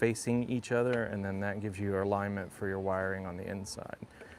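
Someone talks while the two halves of a waterproof motor/controller wiring connector on a Lectric XPeak 2.0 26x4 fat tire step-through e-bike, during a controller replacement, are lined up arrow to arrow for their inside wiring alignment. The connector is only handled, and nothing has seated or clicked yet.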